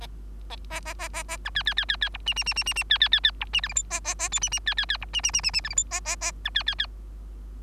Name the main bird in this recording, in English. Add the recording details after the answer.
Bengalese Finch. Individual Bird3